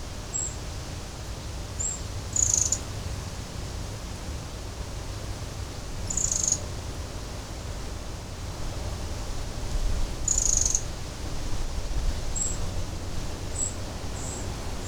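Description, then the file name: Eurasian wren calls: short, very high thin notes scattered throughout, with a few louder, harsher bursts near 2.5, 6.5 and 10.5 seconds, over steady low rumbling background noise. "Troglodytes troglodytes"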